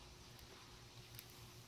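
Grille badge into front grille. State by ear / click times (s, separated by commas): not seated / none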